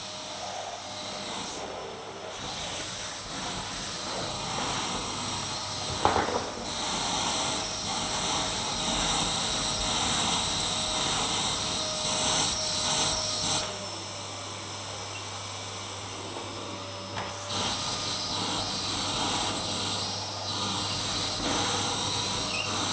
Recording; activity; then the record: daily activity, microphone in the room; vacuum cleaning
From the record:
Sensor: 3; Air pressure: 999.2 hPa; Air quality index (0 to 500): 203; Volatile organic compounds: 50 ppm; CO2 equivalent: 3301 ppm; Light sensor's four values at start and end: 7/17/7/6 and 6/13/6/5